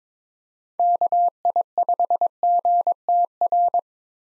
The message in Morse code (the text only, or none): KI5GTR